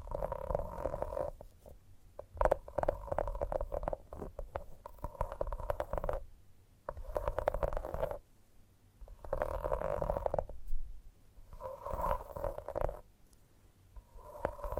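Gentle tapping comes in bursts of a few seconds each, with short quiet gaps between them. The taps are quick and dense, with a hollow, mid-pitched ring and a soft low thud underneath, rising and falling in loudness throughout.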